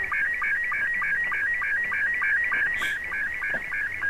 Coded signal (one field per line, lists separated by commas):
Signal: SSTV (slow-scan television)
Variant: Robot 72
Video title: Recap of Pirate Radio Activity Wednesday 7 September 2022